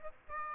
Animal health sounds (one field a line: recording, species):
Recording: mosquito wingbeat signal from an infrared sensor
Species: Aedes aegypti